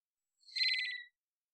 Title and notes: Varied Thrush - Immature. Varied Thrush, Ixoreus naevius, song, odd, like warming-up practice, perhaps juvenile. Pacific Northwest, Washington, United States